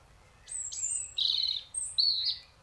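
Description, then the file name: European robin song: a thin high whistle, then lower notes and a final whistled phrase, all packed into under three seconds. "Erithacus rubecula"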